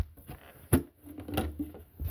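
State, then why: Seated. The latch on a gray plastic carrying case for a German M65 gas mask is worked and snaps shut with a loud, sharp hit at 0.7 s. Quieter knocks and rattles follow around 1.2 to 1.4 s as the case is opened.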